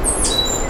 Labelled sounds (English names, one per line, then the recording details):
Stitchbird song
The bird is a male
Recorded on Tiritiri Matangi Island, New Zealand, in 2005
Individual 9, of nest box 11